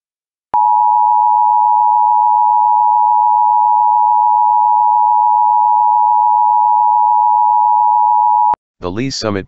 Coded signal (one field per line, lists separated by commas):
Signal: Emergency Alert System (SAME) tones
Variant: 853 and 960 Hz attention tone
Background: speech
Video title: EAS Child Abduction Emergency (Missouri AMBER Alert) and Cancelation Message